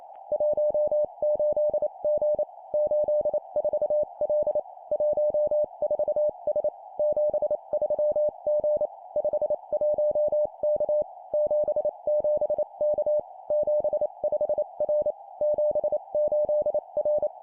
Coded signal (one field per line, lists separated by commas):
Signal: Morse code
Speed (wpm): 28 wpm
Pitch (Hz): 600 Hz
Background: none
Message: 18G 84L 14S 73G 51K 77K 75R 78R